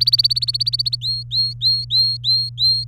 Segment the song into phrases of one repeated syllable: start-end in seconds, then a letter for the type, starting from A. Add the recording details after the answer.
0.00-0.96 A, 1.01-2.84 B. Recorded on 23 April 2018 at 17:24. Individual llb3